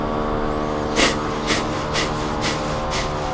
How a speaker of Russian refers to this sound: Дышим, капалабхати, 3 минуты.